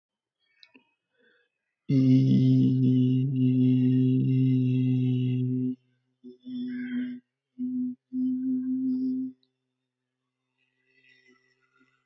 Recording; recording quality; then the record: sustained vowel as in beet; excellent, no background noise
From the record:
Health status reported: healthy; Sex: male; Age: 31 years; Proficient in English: yes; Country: India